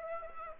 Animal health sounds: mosquito wingbeat signal from an infrared sensor; Aedes aegypti

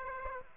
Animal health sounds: mosquito wingbeat signal from an infrared sensor; Aedes aegypti

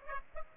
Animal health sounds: mosquito wingbeat signal from an infrared sensor; Aedes aegypti

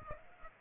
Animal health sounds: mosquito wingbeat signal from an infrared sensor; Aedes aegypti

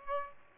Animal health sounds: mosquito wingbeat signal from an infrared sensor; Aedes aegypti

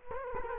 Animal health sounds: mosquito wingbeat signal from an infrared sensor; Culex quinquefasciatus

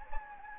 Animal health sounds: mosquito wingbeat signal from an infrared sensor; Anopheles gambiae

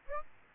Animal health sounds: mosquito wingbeat signal from an infrared sensor; Aedes aegypti

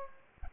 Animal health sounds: mosquito wingbeat signal from an infrared sensor; Aedes albopictus

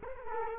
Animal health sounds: mosquito wingbeat signal from an infrared sensor; Culex quinquefasciatus

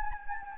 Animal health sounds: mosquito wingbeat signal from an infrared sensor; Anopheles gambiae

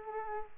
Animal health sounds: mosquito wingbeat signal from an infrared sensor; Aedes aegypti

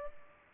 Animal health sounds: mosquito wingbeat signal from an infrared sensor; Culex pipiens

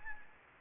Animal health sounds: mosquito wingbeat signal from an infrared sensor; Anopheles gambiae

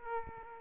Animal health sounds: mosquito wingbeat signal from an infrared sensor; Aedes aegypti

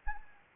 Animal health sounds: mosquito wingbeat signal from an infrared sensor; Anopheles gambiae

